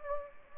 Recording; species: mosquito wingbeat signal from an infrared sensor; Anopheles gambiae